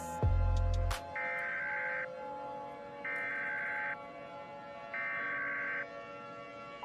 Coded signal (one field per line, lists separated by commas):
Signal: Emergency Alert System (SAME) tones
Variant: header bursts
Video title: {Mock} EAS Scenario Short #4 - Lava Rain